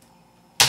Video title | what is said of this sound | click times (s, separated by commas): UNBOXING IPAD MINI 5 DEFENDER OTTERBOX & HOW TO INSTALL IT | and it snaps right in you see that | 0.6 s